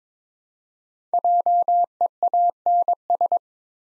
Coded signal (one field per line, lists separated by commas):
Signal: Morse code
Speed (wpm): 22 wpm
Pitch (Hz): 700 Hz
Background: none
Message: JEANS